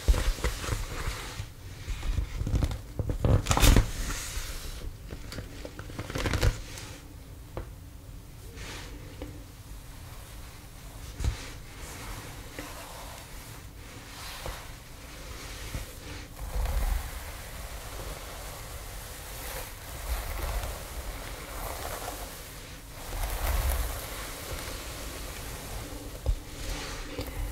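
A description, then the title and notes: Hair styling sounds: a soft, steady rustling hiss runs throughout over a faint low hum. Sharper knocks and brushing strokes stand out around 3–4, 6 and 11 seconds, with gentler swells of rustling near 17, 20 and 23 seconds. ASMR Gentle Hair Styling • Realistic ASMR • No Talking • Brushing, Shampoo, Blowdry, Scissors, Flat Iron.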